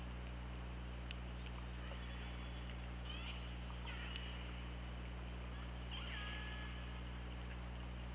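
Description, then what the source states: Killer whale calls: scattered short tonal squeals and a longer harmonic call near six seconds, partly masked by broad underwater noise and low hum. OrcaLab hydrophone, 24 August 2017, 21:26.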